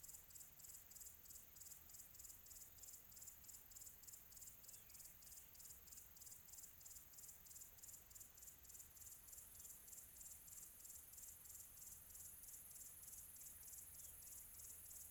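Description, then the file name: Cricket chirping, a continuous high pulsed trill beating about three times a second for the whole stretch, with a quiet background. Quiet tropical ambience. "quiet tropical atmo cricket"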